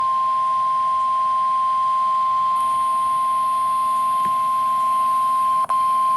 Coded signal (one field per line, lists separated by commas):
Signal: Emergency Alert System (SAME) tones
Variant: 1050 Hz attention tone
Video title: Severe Thunderstorm Warning #12 (EAS #21) (6/11/2023)